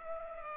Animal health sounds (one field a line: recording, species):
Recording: mosquito wingbeat signal from an infrared sensor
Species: Culex pipiens